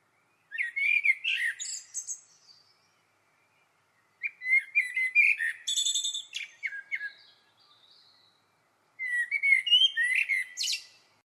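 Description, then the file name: Common blackbird song in three bursts separated by pauses, each mixing fluty warbles with high squeaky twittering. "Turdus merula"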